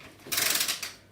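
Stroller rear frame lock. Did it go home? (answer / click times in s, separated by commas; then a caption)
yes / 0.8 s. A foot presses down on the rear frame of a Bugaboo stroller to unfold it, producing a broad, ratcheting mechanical rattle from about 0.3 s. The rear frame lock clicks into place at 0.8 s, and the rattle fades before another sharp sound at the very end.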